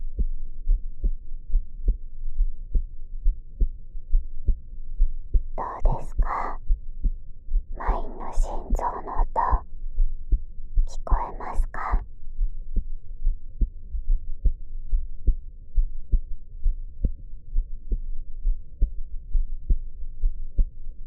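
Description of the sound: Soft, low, muffled thumps of an adult's heart repeat steadily at about 71 beats a minute, picked up by the ear of a dummy-head microphone pressed against the chest. Brief whispering breaks in near the middle. This is an ordinary heartbeat.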